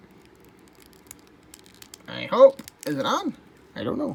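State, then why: Not seated. A plastic swap head is pressed onto an action figure's neck peg, with only a few faint, soft ticks of handling before someone talks. No pop is heard: nothing has seated or clicked yet, even though the head ends up on the peg.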